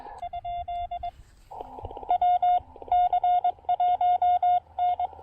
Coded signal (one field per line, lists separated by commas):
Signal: Morse code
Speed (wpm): 21 wpm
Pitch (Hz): 720 Hz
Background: none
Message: ? W C1N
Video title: Keying In The Rain: One Very Soggy POTA Activation!